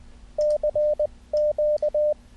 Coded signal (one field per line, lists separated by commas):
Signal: Morse code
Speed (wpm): 20 wpm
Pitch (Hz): 600 Hz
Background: radio noise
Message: C Q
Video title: SOFTWARE CW KEYERs - review of 5 morse code programs